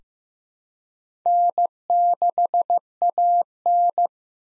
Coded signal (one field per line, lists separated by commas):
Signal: Morse code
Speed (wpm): 15 wpm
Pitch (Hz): 700 Hz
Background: none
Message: N6AN